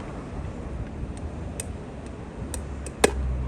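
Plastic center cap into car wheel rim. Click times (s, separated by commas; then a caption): 3.0 s. A modified plastic Prelude center cap is pressed into the drilled-out wheel rim of a 1989 Honda Accord LXi. A low steady hum runs under several faint ticks, then a sharp, loud snap at 3.0 s as the cap seats in place.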